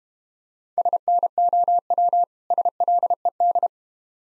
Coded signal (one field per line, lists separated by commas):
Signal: Morse code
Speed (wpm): 32 wpm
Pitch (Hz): 700 Hz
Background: none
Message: SNOW SLED